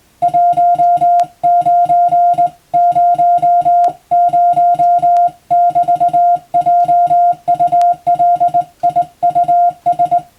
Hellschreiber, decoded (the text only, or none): none